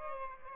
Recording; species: mosquito wingbeat signal from an infrared sensor; Aedes albopictus